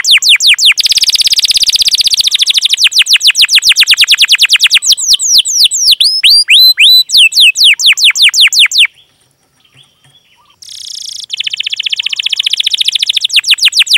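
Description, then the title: Canary song, a long run of rapid repeated sweeping notes, fast trills switching to slower downslurred whistles, a brief pause, then a buzzy rattle and another quick trill. Lure song (pancingan) for training canaries, described as energetic and long with full fill-in phrases. "PANCINGAN Kenari GACOR PANJANG. Pancingan Gacor Full Isian"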